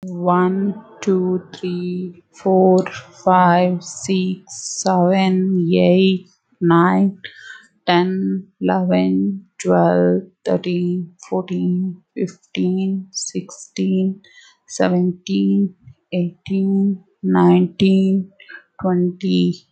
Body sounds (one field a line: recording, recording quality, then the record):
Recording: counting at a normal pace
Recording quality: excellent, no background noise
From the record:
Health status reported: healthy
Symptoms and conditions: none ticked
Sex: female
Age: 35 years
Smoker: not ticked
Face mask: not worn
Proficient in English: yes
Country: India